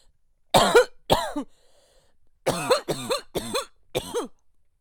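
An adult coughs six times: two coughs, a short pause, then a run of four more.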